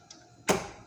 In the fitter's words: and there's a little divot over here to lock it into place